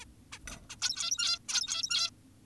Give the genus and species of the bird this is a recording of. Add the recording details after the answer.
Taeniopygia guttata. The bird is an adult. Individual g17y2U